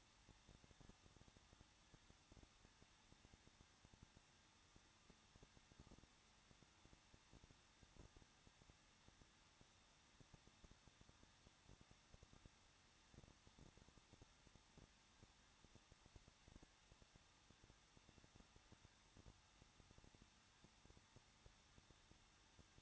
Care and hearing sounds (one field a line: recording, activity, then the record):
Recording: daily activity, microphone in the room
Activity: no activity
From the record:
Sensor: 3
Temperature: 21.2 degrees Celsius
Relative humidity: 36.3%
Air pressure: 1006.4 hPa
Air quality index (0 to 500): 221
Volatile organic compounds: 40 ppm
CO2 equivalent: 3147 ppm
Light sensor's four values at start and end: 2/3/2/2 and 2/3/2/2